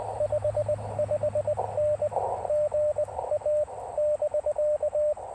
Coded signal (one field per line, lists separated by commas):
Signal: Morse code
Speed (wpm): 21 wpm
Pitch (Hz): 590 Hz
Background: radio noise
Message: 55N GA <BK>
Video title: Can this antenna POTA? 📶17’ RandoWire QRP antenna 📡